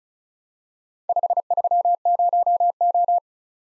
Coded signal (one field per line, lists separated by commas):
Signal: Morse code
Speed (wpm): 36 wpm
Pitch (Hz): 700 Hz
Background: none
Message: 530O